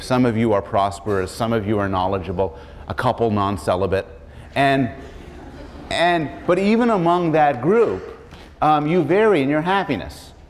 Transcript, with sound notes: Some of you are prosperous, some of you are knowledgeable, a couple non-celibate, and — [laughter] but even among that group you vary in your happiness,